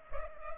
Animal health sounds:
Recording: mosquito wingbeat signal from an infrared sensor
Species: Culex pipiens

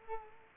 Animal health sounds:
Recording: mosquito wingbeat signal from an infrared sensor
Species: Culex quinquefasciatus

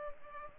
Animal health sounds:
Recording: mosquito wingbeat signal from an infrared sensor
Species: Culex pipiens

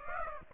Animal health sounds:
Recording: mosquito wingbeat signal from an infrared sensor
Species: Aedes aegypti

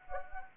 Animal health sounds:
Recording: mosquito wingbeat signal from an infrared sensor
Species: Anopheles gambiae

